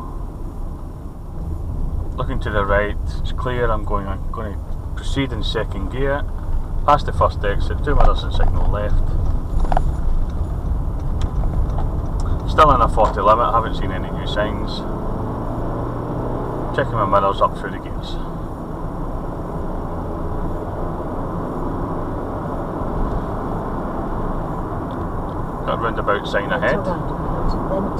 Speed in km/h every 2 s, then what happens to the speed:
23, 16, 16, 19, 21, 26, 32, 42, 45, 47, 48, 60, 61, 60.
0-2 brakes to 16. 6-23 speeds up to 61.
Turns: none.